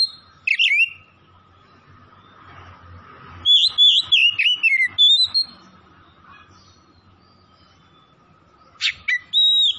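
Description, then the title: Oriental magpie-robin song in scattered bursts of loud, varied whistles with descending slurred notes, pauses between phrases and a faint continuous hum. Tretes variety, singing vigorously (gacor). "Kacer Tretes"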